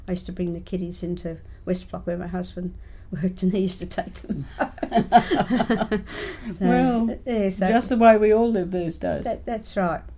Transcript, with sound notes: I used to bring my kiddies into West Block where my husband worked and he used to take them [laughs]
Well just the way we all lived those days.
That’s right.